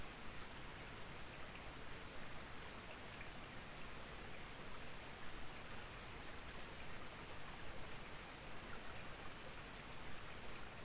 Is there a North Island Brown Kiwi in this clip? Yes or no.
no